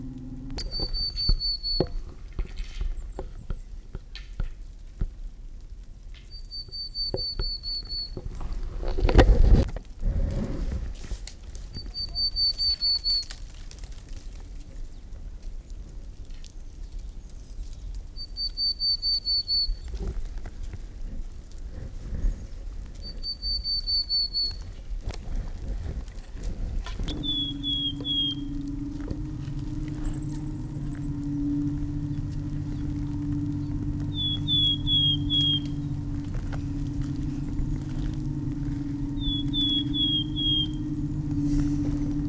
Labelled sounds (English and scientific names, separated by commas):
Willow Tit (Poecile montanus) song